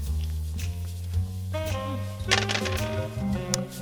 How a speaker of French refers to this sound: Donc tu vas jeter les dés une première fois, on va essayer de lire ce que le Yams King nous dit.